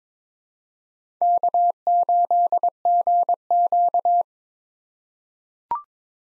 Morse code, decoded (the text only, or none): K8GQ